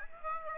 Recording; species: mosquito wingbeat signal from an infrared sensor; Aedes aegypti